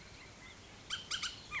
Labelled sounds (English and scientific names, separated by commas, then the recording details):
Bullock's Oriole (Icterus bullockii)
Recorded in Sonoma County, California